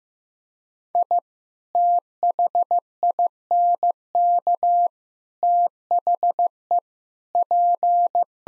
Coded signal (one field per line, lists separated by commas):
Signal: Morse code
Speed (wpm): 15 wpm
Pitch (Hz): 700 Hz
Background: none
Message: I THINK THE P